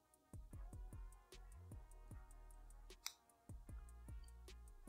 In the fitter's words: there's a really nice click there it doesn't feel cheap at all